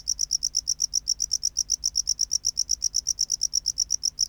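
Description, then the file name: Tropical house cricket producing brisk, rapid high chirps, continuous and unbroken throughout. "Bio Acoustica Gryllodes sigillatus"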